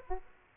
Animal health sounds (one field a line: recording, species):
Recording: mosquito wingbeat signal from an infrared sensor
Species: Aedes aegypti